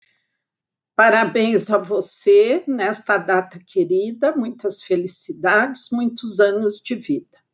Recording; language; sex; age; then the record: short text; Brazilian Portuguese; female; 60 to 69 years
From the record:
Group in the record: control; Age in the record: 64 years